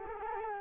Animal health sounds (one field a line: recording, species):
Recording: mosquito wingbeat signal from an infrared sensor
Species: Culex quinquefasciatus